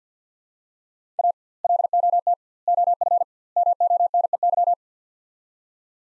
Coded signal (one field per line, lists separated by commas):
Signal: Morse code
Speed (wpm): 49 wpm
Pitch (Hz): 700 Hz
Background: none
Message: A LOT OF MONEY